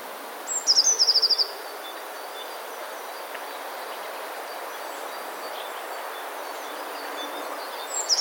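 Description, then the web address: Eurasian blue tit song with a high sharp lead-in and a rapid trill near the start. Another phrase begins at the very end, and faint hiss runs throughout. "wroblowe teka spiew. wroblowe teka modraszkoteka"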